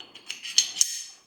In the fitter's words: we go okay it's gonna lock into place it should be flush all the way across